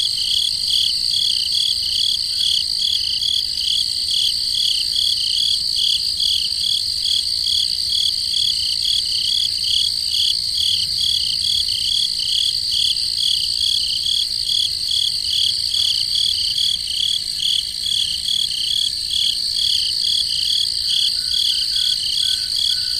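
Crickets chirp at night in a forest, a dense, unbroken chorus of rapid, high, bright pulses that stays steady from start to finish. A faint low rumble sits underneath, and a few separate soft chirps stand out briefly near the end.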